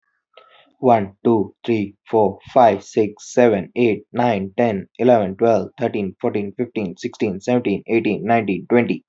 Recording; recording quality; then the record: counting at a fast pace; excellent, no background noise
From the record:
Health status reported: healthy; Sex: male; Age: 27 years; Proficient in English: yes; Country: India